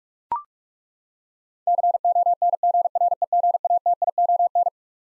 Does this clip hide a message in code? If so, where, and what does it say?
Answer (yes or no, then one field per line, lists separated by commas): yes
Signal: Morse code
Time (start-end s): 1.7-4.7 s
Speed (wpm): 42 wpm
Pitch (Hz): 700 Hz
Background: none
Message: CONGREGATION